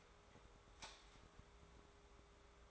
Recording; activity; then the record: daily activity, microphone in the room; light on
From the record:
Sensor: 3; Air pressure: 1010.2 hPa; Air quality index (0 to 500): 165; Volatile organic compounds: 9 ppm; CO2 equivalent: 2162 ppm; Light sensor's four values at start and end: 49/122/53/59 and 51/128/56/62